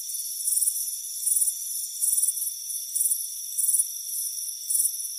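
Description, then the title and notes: Cricket chirping: high pulsed trills at a steady pace, alternating with softer chirps, over a constant shrill hum. Warm afternoon on a front porch. "Soothing Crickets Chirping Sound. It's a warm afternoon as you relax in a hammock on the front porch. Relax and fall asleep to the soothing sound of chirping crickets"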